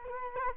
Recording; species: mosquito wingbeat signal from an infrared sensor; Culex quinquefasciatus